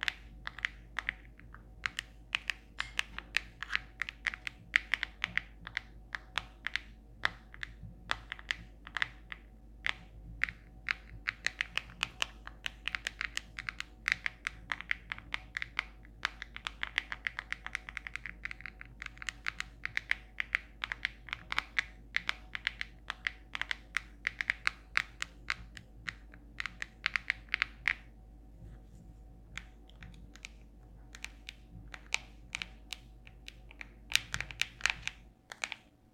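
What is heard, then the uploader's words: Fingers tap a cellphone screen and case in quick, uneven bursts of small clicks over a steady low hum, pausing briefly near 28 seconds. Phone Tapping ASMR (no speaking). In this week`s ASMR video I am tapping on my cellphone (screen and phone case).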